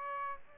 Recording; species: mosquito wingbeat signal from an infrared sensor; Aedes aegypti